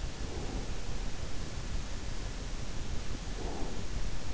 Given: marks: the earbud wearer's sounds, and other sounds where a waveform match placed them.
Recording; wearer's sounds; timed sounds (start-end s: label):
sounds in sleep by an in-ear microphone; breath
0.06-0.77 s: breath
3.29-3.94 s: breath